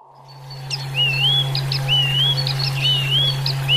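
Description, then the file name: Chinese hwamei song fading in: long wavering whistles that rise and fall, alternating with short upward flicks, repeated several times against a steady low hum. "suara alam hwamei"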